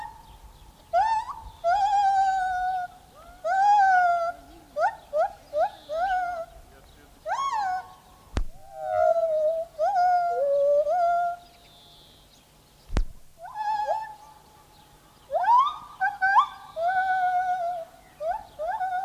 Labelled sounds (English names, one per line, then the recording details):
Lar Gibbon song
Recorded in captivity
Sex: male
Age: diverse
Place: Tierpark Berlin, Berlin, DE
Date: 1981-04-18
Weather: sonnig 1°C
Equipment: Nagra SN, Kopie Uher 4200
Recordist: Tembrock, Günter